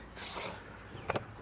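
A plastic engine cover shroud on a 2013 Chrysler 300 3.6 Base Model is pressed down onto the four plastic standoffs on the intake manifold while it is put back on during a radiator fan replacement. A soft broadband rustle is heard between about 0.2 and 0.6 seconds, then two sharp snaps at 1.1 and 1.2 seconds. The cover pops on and is seated.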